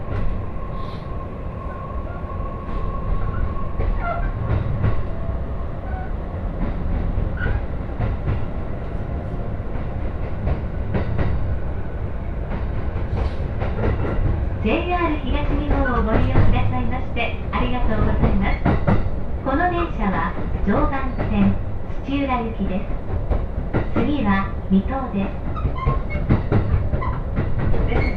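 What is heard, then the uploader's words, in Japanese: A ride aboard a Joban Line train, with a steady low rumble and frequent clicks from the wheels and carriage throughout. A thin, faint whine hums briefly at the start, and from about halfway on, voices talk over the running noise. 耳で楽しむ鉄道旅 常磐線 勝田→石岡。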